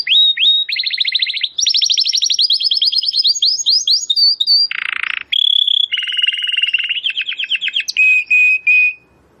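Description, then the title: Domestic canary singing a fast, varied song of high trills and rapid chirped phrases, with quick changes between rolling notes, buzzy bursts and steady sustained whistles. Belgian canary singing; labelled 'Campainha'. "Canário Belga Campainha Canary Singing"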